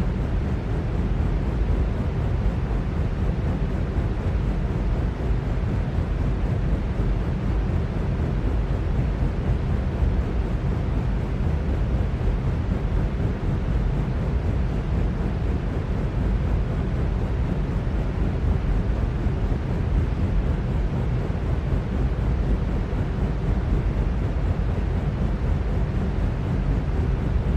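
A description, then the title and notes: A ceiling fan runs steadily with a constant, dense whooshing hum, heaviest in the low range and softening toward the top. The level holds flat for the full half minute, with no distinct events, only a faint fluttering churn within the drone. Ceiling Fan Noise For Sleeping Or Studying.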